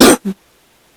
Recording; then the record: coughing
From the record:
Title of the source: 60 coughing still (deep and wet cough)